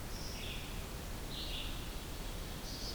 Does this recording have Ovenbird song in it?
no